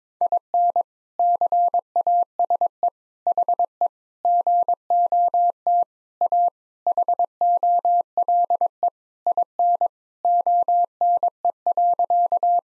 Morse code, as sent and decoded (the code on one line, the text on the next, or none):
.. -. / -.-. .- ... . / .... . / --. --- - / .- / .... --- .-.. . / .. -. / --- -. . .-.-.-
IN CASE HE GOT A HOLE IN ONE.